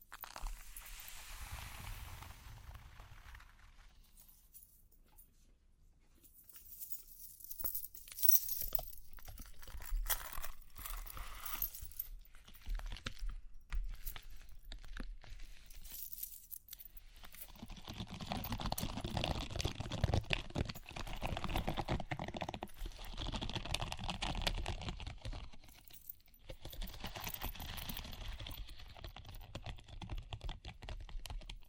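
Tapping and scratching sounds, as in ear cleaning, with quick irregular clicks in the opening seconds and a near-silent gap around five to seven seconds. From about seventeen seconds the scratching turns denser and louder, dips briefly near twenty-six seconds, then resumes.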